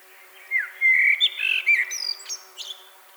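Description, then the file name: Common blackbird song: several clear, fluty whistled notes followed by thin, high twittering squeaks that trail off. "Turdus merula"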